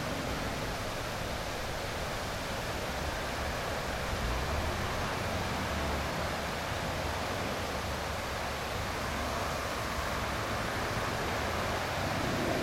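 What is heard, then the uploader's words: A waterfall roars on with a highway beneath it, a dense, unbroken hiss that stays level for the whole thirteen seconds. A low rumble underneath swells slightly around the four-to-six second mark, like heavier traffic passing, then settles back into the steady wash. A waterfall, a highway.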